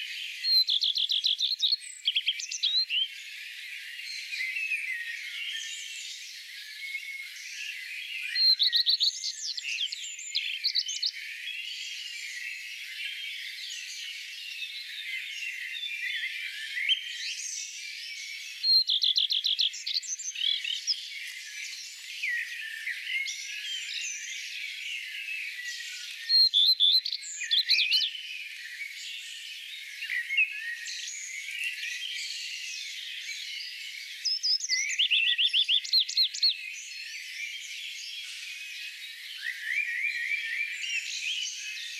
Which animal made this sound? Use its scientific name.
Phoenicurus phoenicurus